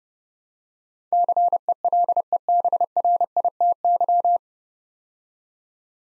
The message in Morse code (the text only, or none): CELEBRITY